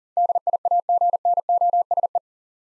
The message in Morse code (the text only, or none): DIAGNOSE